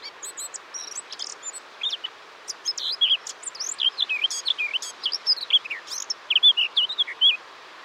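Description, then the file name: Eurasian blackcap song, a rapid scratchy warble that runs into clear fluty whistled phrases, continuous for several seconds over faint background hiss. "Sylvia atricapilla"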